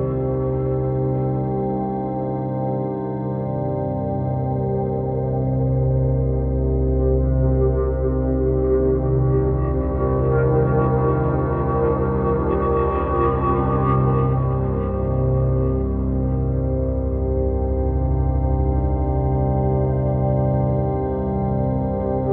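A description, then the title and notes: A steady, spacious drone of layered low tones that hums on unbroken, swelling slightly brighter around the middle before settling back. Spacious Drone.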